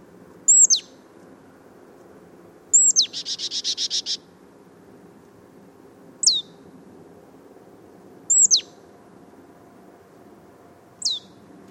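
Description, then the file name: Marsh Tit calling: thin, high downslurred whistles at uneven gaps, one followed by a quick, buzzy chattering run of several notes. "Poecile palustris"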